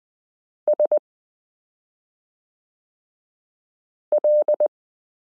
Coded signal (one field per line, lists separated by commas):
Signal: Morse code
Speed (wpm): 20 wpm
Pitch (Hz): 600 Hz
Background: none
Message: SL